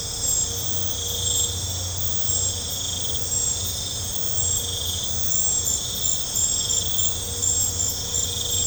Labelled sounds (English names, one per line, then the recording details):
none
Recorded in pastures near Puerto Asís, Putumayo, Colombia, on 15 December 2024 at 22:00
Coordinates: 0.502, -76.324
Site G077